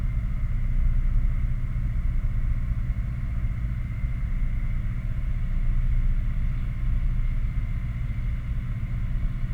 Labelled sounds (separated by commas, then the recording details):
machinery, flare stack
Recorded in the Prudhoe Bay oil fields, Alaska, on 11 August 2019 at 22:39
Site 29